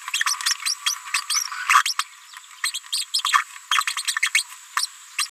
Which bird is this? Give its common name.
Green-rumped Parrotlet